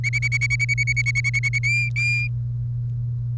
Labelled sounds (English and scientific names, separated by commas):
Domestic Canary (Serinus canaria) song